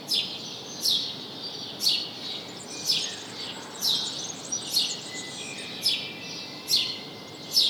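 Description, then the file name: House sparrow cheeping, repeated falling chirps with quieter chatter underneath. "Passer domesticus"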